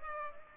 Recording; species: mosquito wingbeat signal from an infrared sensor; Culex pipiens